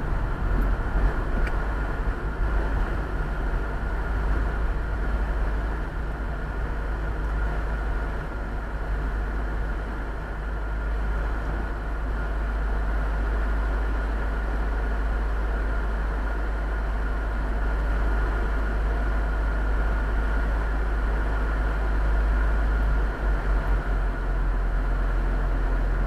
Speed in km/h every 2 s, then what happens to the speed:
38, 33, 26, 19, 11, 0, 0, 0, 0, 0, 0, 0, 0.
0-10 brakes to 0. 10-26 standing.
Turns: none.